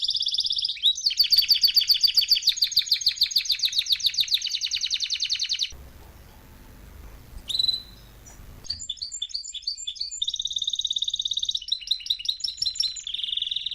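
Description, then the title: Canary singing fast rattling rolls and trills, a brief pause with faint hiss and a single chirp, then resuming with clipped repeated notes and a steady trill. Male Belgian canary singing a lot; training recording to warm up young birds. "Esquente Seu Filhote E Canario Belga Em 30 Minutos Macho Cantando Muito"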